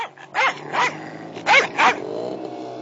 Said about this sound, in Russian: Сначала сами били в полную волю, а потом натравили на меня собак, и с меня только кожа с мясом полетели клочья.